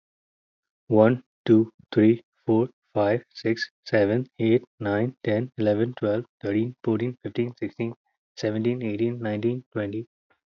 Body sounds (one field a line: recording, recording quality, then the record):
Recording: counting at a normal pace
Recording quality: excellent, no background noise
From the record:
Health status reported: healthy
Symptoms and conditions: cough, cold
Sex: male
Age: 24 years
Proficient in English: yes